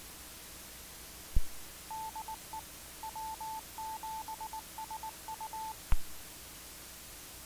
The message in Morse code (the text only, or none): DE W7SU